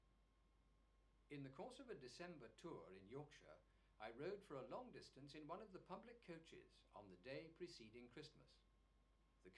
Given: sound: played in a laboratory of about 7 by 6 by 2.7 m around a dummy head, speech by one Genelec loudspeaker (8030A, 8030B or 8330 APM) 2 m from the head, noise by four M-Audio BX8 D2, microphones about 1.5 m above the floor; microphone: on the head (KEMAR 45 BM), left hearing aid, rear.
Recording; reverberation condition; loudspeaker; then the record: male speech in English; low; 90 degrees to the left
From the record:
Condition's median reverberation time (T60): about 310 ms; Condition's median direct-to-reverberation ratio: about 3.5 dB